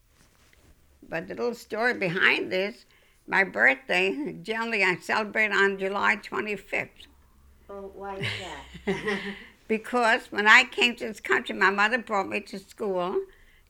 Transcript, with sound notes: But the little story behind this, my birthday, generally I celebrate on July 25th.
Oh, why is that?
(they laugh) Because when I came to this country my mother brought me to school,